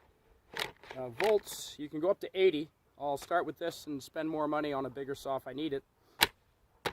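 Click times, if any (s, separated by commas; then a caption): 6.2 s. A 48 V battery pack is pushed into its slot on a cordless electric chainsaw while someone talks. It snaps home with a sharp plastic click at 6.2 s, and the battery is seated.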